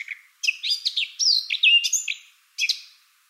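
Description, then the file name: Eurasian blackcap warbling song, a brief opening note, then a fast jumble of sweet, varied notes, a pause, and a short closing fragment. "Sylvia atricapilla"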